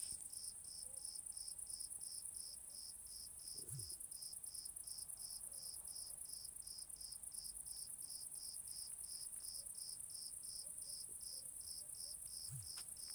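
Insect chirping: short, evenly spaced high pulses in a steady rapid series over a continuous shrill high whine, with a couple of faint low sounds in the background.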